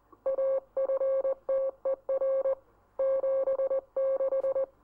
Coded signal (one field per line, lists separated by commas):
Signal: Morse code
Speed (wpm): 20 wpm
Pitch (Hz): 540 Hz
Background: none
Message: AFTER 76